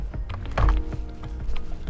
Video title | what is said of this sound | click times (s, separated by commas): mpc - Remote Start Installation for 2019 Kia Sportage - Key-to-Start | That's a snap into place, by the way. | 0.6 s